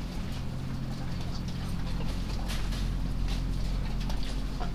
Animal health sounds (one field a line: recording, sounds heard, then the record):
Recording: poultry house recording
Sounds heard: sick chickens (respiratory disease)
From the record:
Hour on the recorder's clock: 1